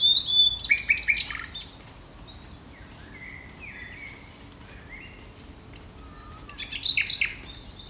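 Common nightingale song: a loud burst of rich, varied whistles and rapid trills, then a quiet pause with faint bird notes, before another rich phrase begins.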